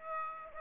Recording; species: mosquito wingbeat signal from an infrared sensor; Aedes aegypti